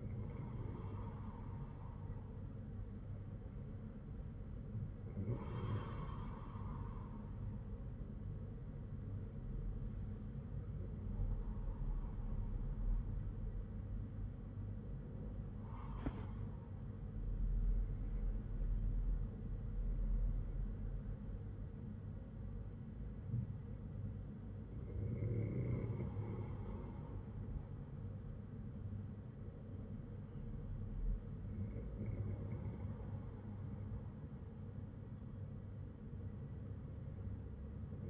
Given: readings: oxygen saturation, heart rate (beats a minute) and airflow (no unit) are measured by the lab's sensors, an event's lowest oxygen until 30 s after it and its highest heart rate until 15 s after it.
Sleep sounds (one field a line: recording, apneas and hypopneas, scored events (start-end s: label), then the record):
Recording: breathing in sleep by a smartphone at the bedside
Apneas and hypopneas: 1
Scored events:
6.00-19.40 s: hypopnea (N2, oxygen 96% highest, then 96% lowest, heart rate 57 at the start, 62 highest)
20.00-38.10 s: new sleep stage, N1 (lightest sleep)
From the record:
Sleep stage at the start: N2 (light sleep)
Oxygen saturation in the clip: 96 to 97%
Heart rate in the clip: 49 to 62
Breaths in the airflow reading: 7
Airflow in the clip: -8.7 to 7.9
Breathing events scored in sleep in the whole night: 182 in 7.4 hours asleep